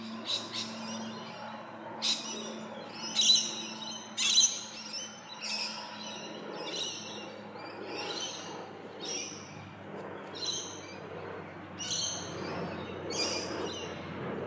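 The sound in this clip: Bird tweets, bright high chirps in short bursts repeated about once a second, with a low constant hum underneath.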